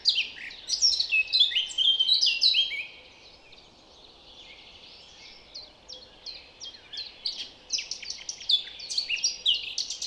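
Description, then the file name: Eurasian blackcap singing a bright, hurried warble, a quiet gap near three seconds, then softer repeated twittering phrases building again. "Sylvia atricapilla"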